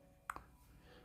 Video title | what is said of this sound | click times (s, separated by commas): LEGO Legend of Zelda- Part 1 | That was a satisfying click. | 0.3 s